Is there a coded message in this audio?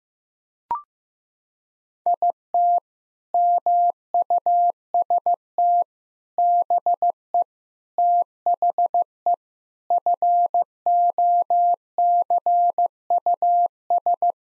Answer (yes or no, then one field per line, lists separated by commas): yes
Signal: Morse code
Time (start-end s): 2.1-14.3 s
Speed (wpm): 16 wpm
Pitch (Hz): 700 Hz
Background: none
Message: IT MUST BE THE FOCUS